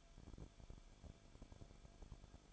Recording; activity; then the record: daily activity, microphone in the room; no activity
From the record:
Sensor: 5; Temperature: 20.4 degrees Celsius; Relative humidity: 39.8%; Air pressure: 1010.8 hPa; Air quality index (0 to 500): 166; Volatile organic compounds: 15 ppm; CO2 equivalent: 2506 ppm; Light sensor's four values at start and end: 2/3/1/1 and 2/3/1/1